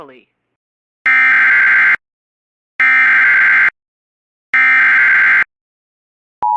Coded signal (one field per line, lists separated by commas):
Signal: Emergency Alert System (SAME) tones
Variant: header bursts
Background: speech